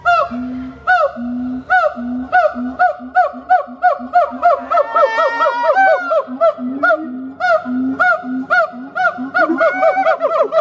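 Siamang call: a series of repeated notes that speed up, overlaid midway by rising, wavering whoops, then resuming the regular rhythm.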